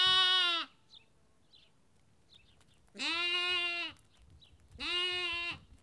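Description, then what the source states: Sheep: lamb bleats three times, the later two close together, with faint bird chirps and light rustling between calls. Lamb, recorded at Kakopetria, Cyprus.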